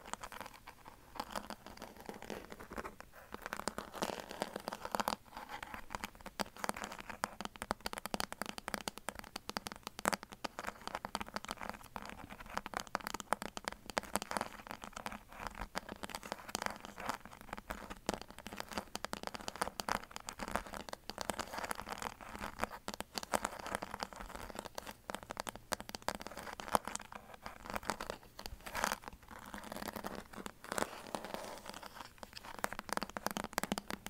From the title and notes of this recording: ASMR Black Triggers For Sleep (tapping & scratching).